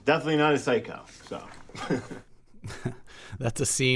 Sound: laughter

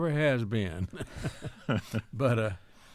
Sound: laughter

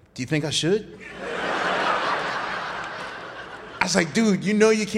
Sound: laughter

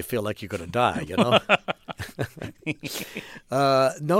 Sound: soundbite of laughter

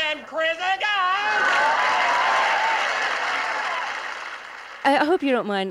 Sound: soundbite of laughter, cheers and applause

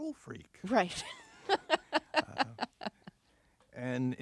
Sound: laughs

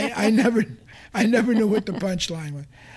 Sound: laughter

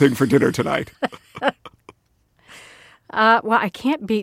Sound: laughter

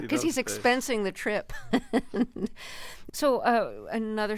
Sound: laughter

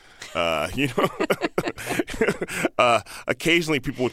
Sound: laughter

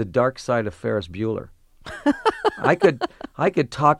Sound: soundbite of laughter

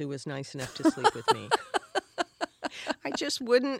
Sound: laughter

